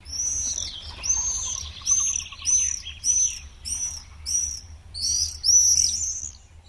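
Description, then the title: Common swift giving shrill, high, buzzy screams, repeated in short bursts. "Viikon luontoääni: Tervapääsky"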